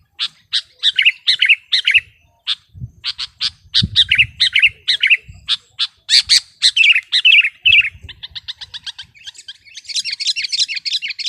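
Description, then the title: Sooty-headed bulbul song: continuous series of sharp chirps mixed with bubbly warbled phrases, speeding into fast repeated notes near the end. "kutilang"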